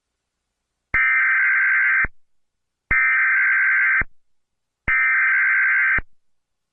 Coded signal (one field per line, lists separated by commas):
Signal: Emergency Alert System (SAME) tones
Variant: header bursts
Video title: emergency alert system